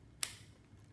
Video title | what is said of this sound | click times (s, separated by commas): Tripod and Camera Set Up | just enter that until you hear the click like | 0.2 s